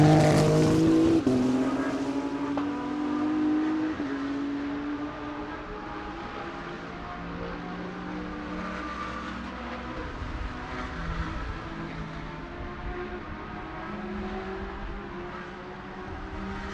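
Racing ambience with engines droning and shifting in pitch, several tones sliding up and down as cars pass. The first few seconds are loudest, with a sharp burst near the start, then a steadier, lower rumble continues to the end.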